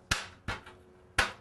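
The locking pin in an adjustable leg on the second side of an aluminum ladder is pushed in. Sharp clicks ring out at 0.1 s and 1.2 s, with softer knocks in between. The leg lock clicks home and is seated.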